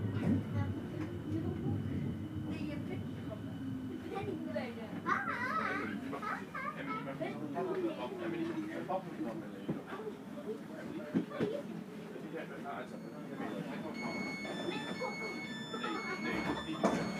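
Voices chatter steadily through most of an S-Bahn ride, over a low, continuous rumble of the train. Short clicks and knocks break in now and then, and near the end a series of bright, steady tones sounds in short steps.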